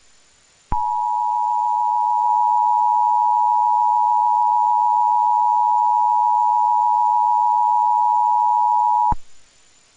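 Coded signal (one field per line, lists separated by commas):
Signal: Emergency Alert System (SAME) tones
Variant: 853 and 960 Hz attention tone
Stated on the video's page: Simulated recreation of EAS tones for a fictional dramatized alert scenario, not a real alert.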